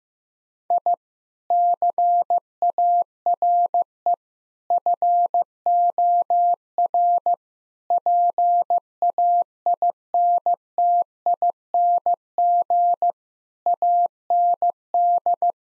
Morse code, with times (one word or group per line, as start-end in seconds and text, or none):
0.7-0.9 I
1.5-4.1 CARE
4.7-7.3 FOR
7.9-13.1 PAINTING
13.7-15.5 AND